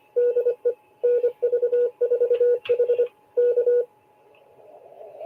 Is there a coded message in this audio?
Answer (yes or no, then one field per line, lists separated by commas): yes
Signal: Morse code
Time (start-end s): 0.2-3.8 s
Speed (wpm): 24 wpm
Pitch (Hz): 480 Hz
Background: radio noise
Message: DE NV4H K